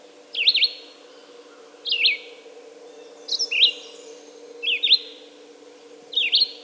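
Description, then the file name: Red-eyed vireo song of short, zigzagging whistled phrases repeated roughly every second and a half, over a faint continuous hum. "red-eyed vireo song by jonathon jongsma"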